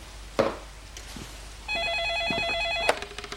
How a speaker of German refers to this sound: als das Telefon klingelt.